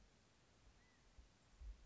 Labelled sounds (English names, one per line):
California Quail